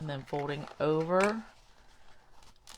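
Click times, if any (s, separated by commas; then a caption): none. Card stock tabs of a small folded paper gift box are being handled and folded over toward their slots while someone talks, followed by faint paper rustles and small handling ticks near the end. Nothing has seated or snapped into place yet.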